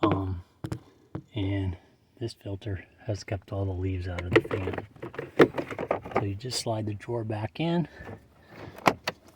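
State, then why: Seated. A plastic cabin air filter drawer is slid back into its housing behind the glove box of a 2019 Honda Ridgeline pickup truck, pushed in tight until it snaps into place. Someone talks over the work, followed by a brief scrape and then sharp snaps at 8.9 and 9.1 seconds as the drawer seats.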